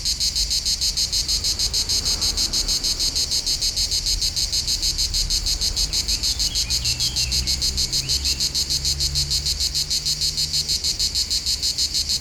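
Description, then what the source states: Cicada song, a harsh buzzing chorus pulsing rapidly and rhythmically without pause, over a low background hum. Local cicadas in full activity on a hot summer day at the foot of the Molard de Vions, 39 Rue de Boveron, Vions, France; rhythmic song.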